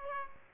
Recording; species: mosquito wingbeat signal from an infrared sensor; Aedes aegypti